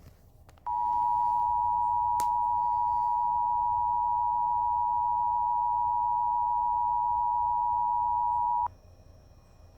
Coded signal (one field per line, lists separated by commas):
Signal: Emergency Alert System (SAME) tones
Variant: 853 and 960 Hz attention tone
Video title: Eas very rare HMW in Crockett tx Eas#462